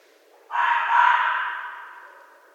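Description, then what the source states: Red fox with a single coarse, drawn-out scream, loud at first and tapering away smoothly. Recorded in 2012.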